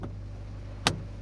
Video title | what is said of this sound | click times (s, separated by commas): Présentation Peugeot 406 2L2 HDI 180cv | Ça a l'air de mieux se clipser dans ce sens-là. | 0.9 s